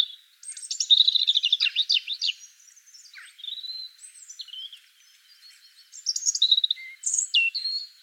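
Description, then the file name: European robin singing a fast, tinkling run of thin notes and sweeping trills, then a quieter pause before high, varied whistled phrases resume. "Erithacus rubecula"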